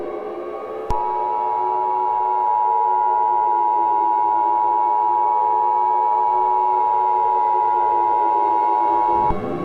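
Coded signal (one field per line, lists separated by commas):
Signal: Emergency Alert System (SAME) tones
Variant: 853 and 960 Hz attention tone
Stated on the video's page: Fictional EAS scenario, not a real alert.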